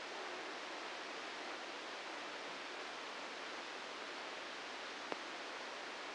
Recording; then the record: brain microelectrode recording played as sound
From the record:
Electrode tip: outside the subthalamic nucleus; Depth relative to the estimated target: 1 mm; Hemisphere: right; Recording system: NeuroSet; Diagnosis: Parkinson's disease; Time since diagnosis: 9 years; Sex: female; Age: 51 years